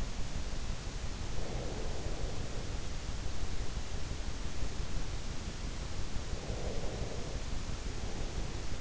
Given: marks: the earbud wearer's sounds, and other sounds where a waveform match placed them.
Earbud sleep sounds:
sounds in sleep by an in-ear microphone; breath
1.46-2.78 s: breath
6.18-8.81 s: breath

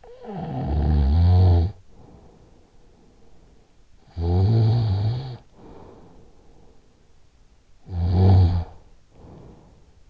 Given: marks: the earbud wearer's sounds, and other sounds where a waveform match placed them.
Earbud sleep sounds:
sounds in sleep by an in-ear microphone; snoring breath
0.00-3.62 s: snoring breath
3.85-7.19 s: snoring breath
7.76-10.10 s: snoring breath

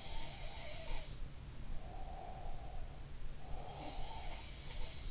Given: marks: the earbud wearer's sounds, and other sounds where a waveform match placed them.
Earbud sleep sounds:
sounds in sleep by an in-ear microphone; breath
0.00-0.94 s: sound from someone else or the room
1.73-4.50 s: breath
3.72-5.08 s: sound from someone else or the room

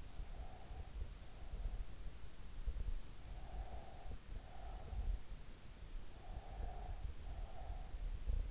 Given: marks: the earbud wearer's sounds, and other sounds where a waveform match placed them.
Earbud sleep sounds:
sounds in sleep by an in-ear microphone; breath
0.00-1.52 s: breath
3.22-5.35 s: breath
6.19-8.44 s: breath

